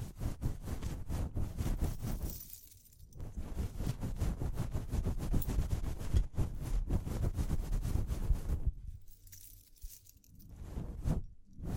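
Dense tapping and scratching with a crinkly, crunchy texture, fast and irregular, strong in the low end with bright clicks on top. The sound drops away twice, briefly near three seconds and for longer around nine to eleven seconds, before resuming.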